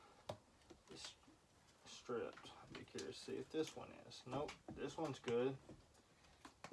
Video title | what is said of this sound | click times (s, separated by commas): Mcculloch 850 part 5, let’s finish this assembly | This one is stripped. I do believe. | none